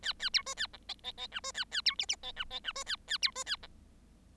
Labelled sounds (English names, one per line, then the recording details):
Bengalese Finch song
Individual Bird7